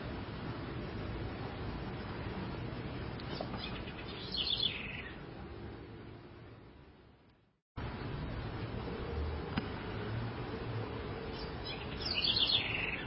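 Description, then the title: House wren song: two quick bubbly phrases separated by a brief silent gap, with steady low rumbling noise throughout. "cURRUIRA"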